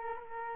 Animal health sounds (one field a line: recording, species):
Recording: mosquito wingbeat signal from an infrared sensor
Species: Culex quinquefasciatus